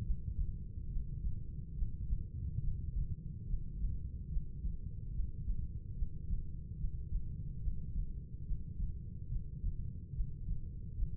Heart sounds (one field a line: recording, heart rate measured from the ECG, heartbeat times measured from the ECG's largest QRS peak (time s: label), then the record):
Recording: heart sounds by stethoscope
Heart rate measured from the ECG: 71 bpm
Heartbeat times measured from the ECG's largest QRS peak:
0.03 s: heartbeat
0.88 s: heartbeat
1.74 s: heartbeat
2.60 s: heartbeat
3.46 s: heartbeat
4.29 s: heartbeat
5.12 s: heartbeat
5.94 s: heartbeat
6.76 s: heartbeat
7.59 s: heartbeat
8.44 s: heartbeat
9.28 s: heartbeat
10.12 s: heartbeat
10.94 s: heartbeat
From the record:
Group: healthy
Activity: breath hold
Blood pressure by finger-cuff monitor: 94/57 mmHg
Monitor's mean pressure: 71 mmHg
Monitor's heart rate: 71 bpm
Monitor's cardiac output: 6 L/min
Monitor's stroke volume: 84 mL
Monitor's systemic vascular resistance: 850 dyn s/cm5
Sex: female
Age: 26 years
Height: 165 cm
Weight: 55 kg